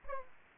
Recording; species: mosquito wingbeat signal from an infrared sensor; Aedes aegypti